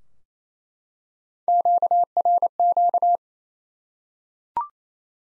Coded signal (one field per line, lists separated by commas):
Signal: Morse code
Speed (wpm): 27 wpm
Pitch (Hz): 700 Hz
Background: none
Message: QRQ